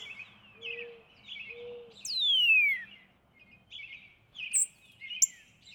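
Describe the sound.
Northern cardinal whistle: a single long, clear note sweeping down in pitch, amid chattering birds and two soft, low coos.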